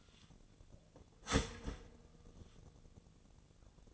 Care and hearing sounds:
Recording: daily activity, microphone in the room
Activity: start toaster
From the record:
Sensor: 4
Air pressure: 1001.0 hPa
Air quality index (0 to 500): 165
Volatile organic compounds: 2 ppm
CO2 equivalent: 1200 ppm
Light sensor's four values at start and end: 18/42/17/18 and 18/42/18/19

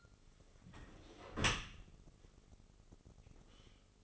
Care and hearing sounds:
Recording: daily activity, microphone in the room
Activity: close dishwasher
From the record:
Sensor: 4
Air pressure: 996.6 hPa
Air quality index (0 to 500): 87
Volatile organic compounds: 4 ppm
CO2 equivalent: 1680 ppm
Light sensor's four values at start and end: 19/51/20/22 and 19/51/20/22

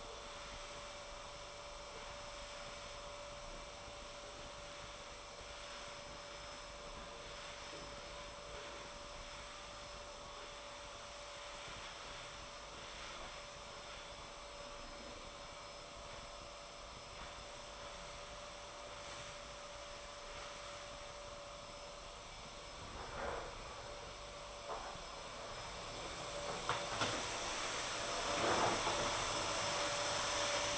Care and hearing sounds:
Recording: daily activity, microphone in the room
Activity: vacuum cleaning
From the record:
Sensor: 5

